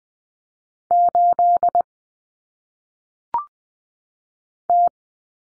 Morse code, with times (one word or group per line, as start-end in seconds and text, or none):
0.9-1.8 8
4.7-4.9 T